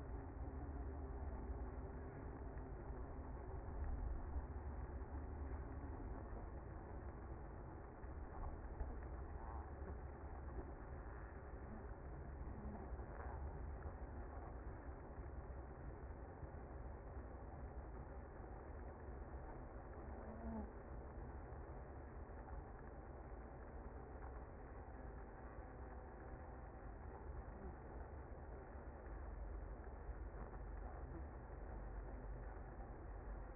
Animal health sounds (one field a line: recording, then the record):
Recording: honeybee colony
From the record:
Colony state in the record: active